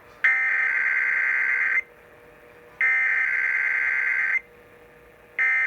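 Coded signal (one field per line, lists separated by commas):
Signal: Emergency Alert System (SAME) tones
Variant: header bursts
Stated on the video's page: KDKA Required Weekly Test of the Emergency Alert System.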